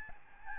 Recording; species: mosquito wingbeat signal from an infrared sensor; Aedes albopictus